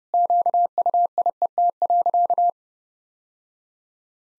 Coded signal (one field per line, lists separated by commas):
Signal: Morse code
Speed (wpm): 30 wpm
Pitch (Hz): 700 Hz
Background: none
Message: QUIET.